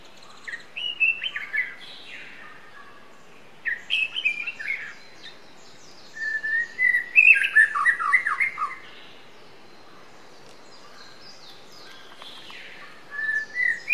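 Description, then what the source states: White-rumped shama song with several bursts of whistled and chattering notes, one longer flowing phrase in the middle, separated by pauses of a few seconds. Song of a wild bird in forest.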